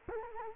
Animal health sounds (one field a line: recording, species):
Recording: mosquito wingbeat signal from an infrared sensor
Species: Culex quinquefasciatus